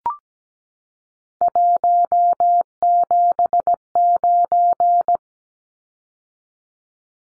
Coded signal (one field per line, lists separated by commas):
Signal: Morse code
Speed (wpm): 17 wpm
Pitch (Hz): 700 Hz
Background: none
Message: 179